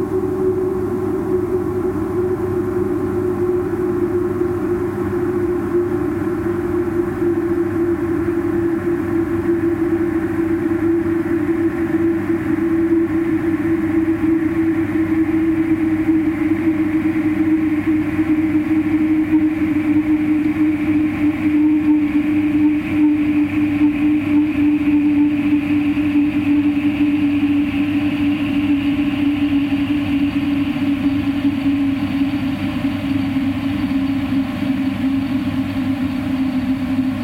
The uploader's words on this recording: A field recording of our dehumidifier passed through several filters: FabFilter Volcano 3, AudioThing FilterJam and Felt Instruments Rysy.